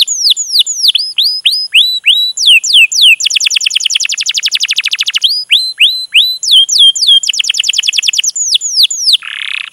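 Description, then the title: Canary song of sweeping downslurred whistles that alternate with fast rattling trills, varied and loud throughout, ending in a brief buzzy note. Song used as a lure (pancingan) to prompt a canary to sing; described as vigorous, long singing (gacor panjang) and as master song material. "PANCINGAN Kenari GACOR PANJANG. Pancingan Gacor Masteran"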